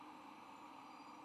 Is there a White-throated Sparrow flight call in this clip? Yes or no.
no